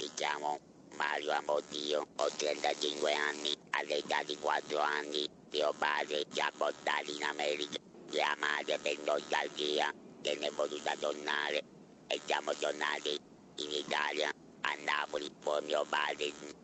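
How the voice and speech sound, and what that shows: A 35-year-old man speaking Italian through an electrolarynx, giving an unusual, buzzy voice. Electrolarynx speech after a tongue tumour in 2008 and, in 2011, an oesophageal tumour that spread to the larynx.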